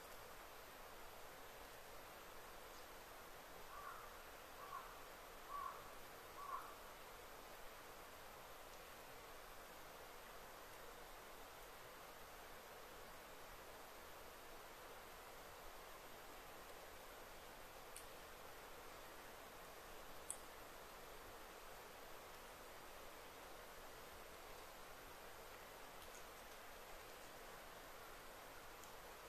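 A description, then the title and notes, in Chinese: A very quiet deep forest, filled with a soft, steady hiss of air and leaves. A few faint bird chirps come around five to seven seconds in, and a couple of small ticks sound near eighteen and twenty seconds. 林薮呖呖·极静深野。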